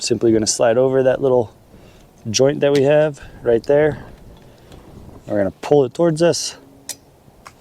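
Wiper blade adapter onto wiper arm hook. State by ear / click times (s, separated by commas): seated / 6.9 s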